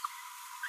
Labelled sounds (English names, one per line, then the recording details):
Green-rumped Parrotlet babbling
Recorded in a nest box in Venezuela
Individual 18B25A3